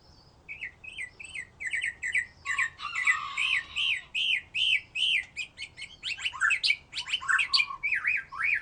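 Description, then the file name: White-rumped shama delivering a rapid series of repeated chirpy slurred notes, with a buzzy stretch in the middle and denser, harsher phrases near the end. "murai batu"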